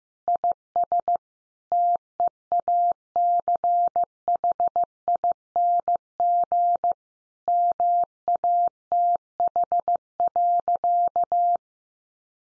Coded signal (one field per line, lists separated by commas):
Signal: Morse code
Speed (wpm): 15 wpm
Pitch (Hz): 700 Hz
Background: none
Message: IS TEACHING MATH.